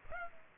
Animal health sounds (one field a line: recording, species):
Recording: mosquito wingbeat signal from an infrared sensor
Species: Culex pipiens